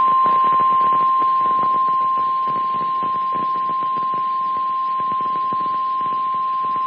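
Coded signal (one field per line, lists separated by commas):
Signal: Emergency Alert System (SAME) tones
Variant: 1050 Hz attention tone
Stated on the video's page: Tornado watch on NOAA Weather Radio, heard through Broadcastify.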